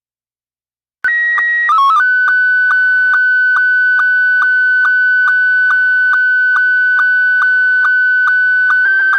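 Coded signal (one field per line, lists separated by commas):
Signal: SSTV (slow-scan television)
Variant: Scottie 1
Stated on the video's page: Live stream of 145.390 and 146.700 repeaters.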